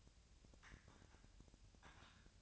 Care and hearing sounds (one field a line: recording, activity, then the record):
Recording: daily activity, microphone in the room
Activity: typing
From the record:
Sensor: 2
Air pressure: 1009.3 hPa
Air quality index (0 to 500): 187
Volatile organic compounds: 11 ppm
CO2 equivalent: 2323 ppm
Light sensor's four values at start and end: 24/60/26/28 and 24/60/26/28